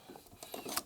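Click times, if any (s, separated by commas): 0.8 s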